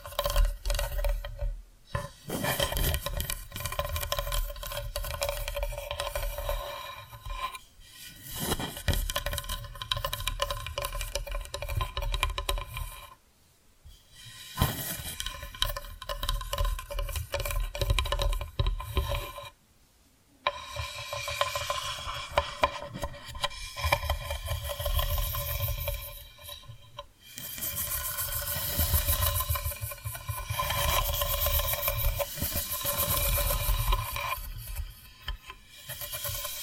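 Tapping and scratching with a rasping, rubbing quality runs nearly continuously, broken by brief silences around 2, 8, 14 and 20 seconds. A steady ringing tone sits beneath the scratching throughout, and the sound grows brighter and more crackly after about 27 seconds.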